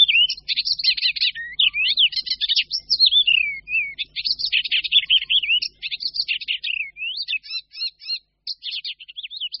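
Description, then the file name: Icterine warbler with a long varied song: wavering whistles, dense buzzy chatter and rapid repeated double notes, nearly unbroken throughout. "Sedmihlásek hajní"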